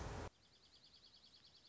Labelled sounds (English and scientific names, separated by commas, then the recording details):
Dark-eyed Junco (Junco hyemalis)
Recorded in Sonoma County, California